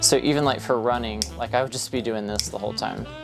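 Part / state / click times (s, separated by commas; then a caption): folding knife blade into its handle / not seated / none. A folding knife blade is being handled toward its handle, into which it clips closed magnetically with a nice hold, while someone talks over faint background music. Nothing has seated or clicked yet by the end of the clip.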